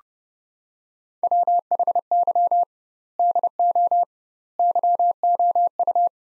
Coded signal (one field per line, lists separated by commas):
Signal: Morse code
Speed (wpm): 30 wpm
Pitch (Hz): 700 Hz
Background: none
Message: WHY DO YOU